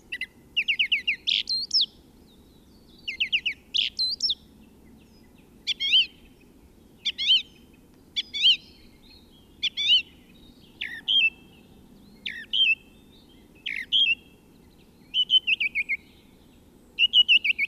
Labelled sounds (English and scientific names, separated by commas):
Song Thrush (Turdus philomelos) song